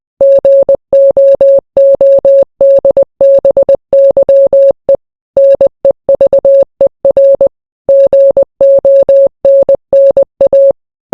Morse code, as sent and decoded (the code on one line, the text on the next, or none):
--. --- --- -.. -... -.-- . / -. . ...- . .-. / --. --- -. -. .-
GOODBYE NEVER GONNA